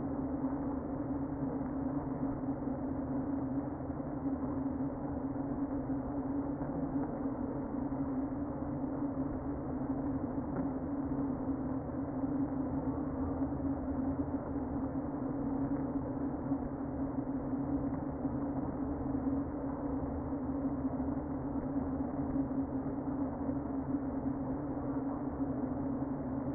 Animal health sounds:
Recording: honeybee colony, microphone inside the hive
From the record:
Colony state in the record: queen present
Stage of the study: before two queens were removed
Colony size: about 60,000 bees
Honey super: yes

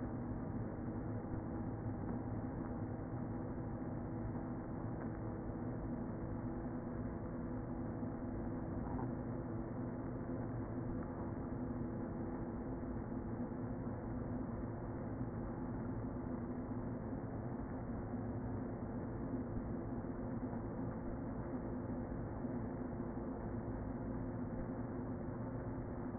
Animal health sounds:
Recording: honeybee colony, microphone inside the hive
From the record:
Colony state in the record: queen present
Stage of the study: before two queens were removed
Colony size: about 60,000 bees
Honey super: yes

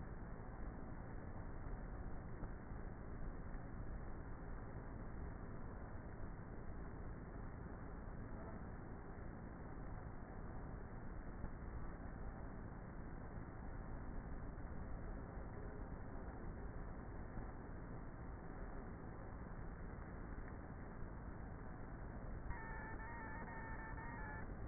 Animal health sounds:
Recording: honeybee colony, microphone inside the hive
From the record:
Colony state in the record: queenless with a low population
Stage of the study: before two queens were removed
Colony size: about 30,000 bees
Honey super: no

